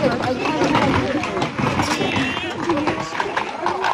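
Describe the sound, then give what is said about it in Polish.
The hooves of carters' horses pulling wagons clip-clop in a steady, uneven patter beneath a dense wash of overlapping voices and bustling background noise, with no single sound standing clear of the din. “Wszyscy furmani mają co najmniej dwie pary koni, a niektórzy nawet więcej.”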